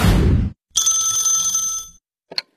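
A telephone rings as a cousin calls, with one bright, sustained ring of about a second, preceded by a short burst of noise and followed by a quick, faint chirp. No one speaks.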